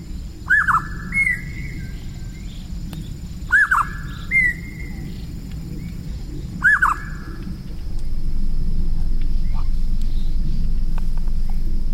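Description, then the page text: Grey-sided scimitar babbler calling: a curved, falling whistle followed by a higher level note, repeated about every three seconds, the last time without the higher note, then steady low rumbling noise rises. Endemic to southeast China; recorded in Jiangxi, China, in November. "Grey-sided Scimitar Babbler Photos - Shanghai Birding 上海观鸟"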